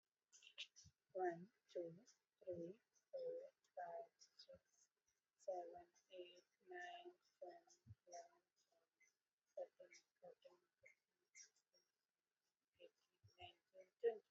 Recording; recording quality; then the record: counting at a normal pace; excellent, no background noise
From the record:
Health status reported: exposed to COVID-19, no respiratory illness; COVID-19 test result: negative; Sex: female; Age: 27 years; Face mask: not worn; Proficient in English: yes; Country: India